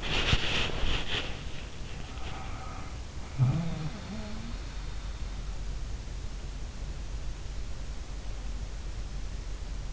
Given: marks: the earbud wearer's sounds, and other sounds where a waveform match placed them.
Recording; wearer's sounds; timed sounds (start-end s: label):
sounds in sleep by an in-ear microphone; body movement
0.00-1.39 s: body movement
2.09-4.57 s: sound from someone else or the room